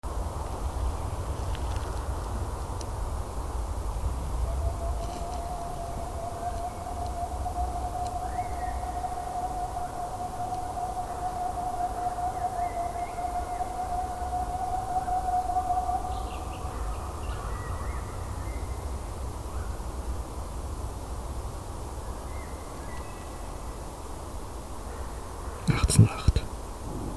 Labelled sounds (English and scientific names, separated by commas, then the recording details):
Boreal Owl (Aegolius funereus)
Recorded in the wild
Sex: male
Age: adult
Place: Altsorgefeld, NSG Rochauer Heide, Brandenburg, DE
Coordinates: 51.7833, 13.5397
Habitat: wood
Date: 2007-03-04 18:08
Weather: heiter, 3-4 °C, windstill
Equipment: Sound Devices 702, Sennheiser MKH 70, Windkorb
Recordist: Frommolt, Karl-Heinz